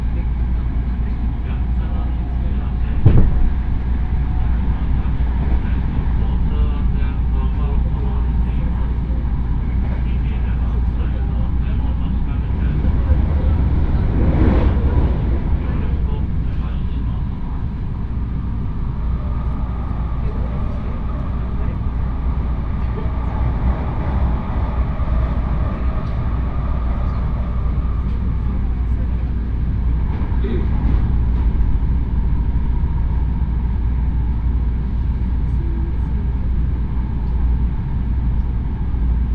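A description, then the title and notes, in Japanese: Inside a train carriage on a rail journey, a steady low rumble fills the whole recording with little change. Faint speech surfaces now and then, and short knocks or clunks land near 3 and 14 seconds, with a brief tone around 30 seconds. 鉄道旅 大物→梅田→蛍池→大阪空港。蛍池で大阪モノレールに乗り換えて１駅先の大阪空港へと向かいます。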